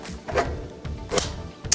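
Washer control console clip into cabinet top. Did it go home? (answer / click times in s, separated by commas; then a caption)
yes / 1.2 s, 1.7 s. A plastic washer control console is pushed down one side at a time onto the cabinet top, and its first side clips into place. Two sharp, loud snaps are heard at 1.2 s and 1.7 s over a low background rumble. The first side of the console is seated.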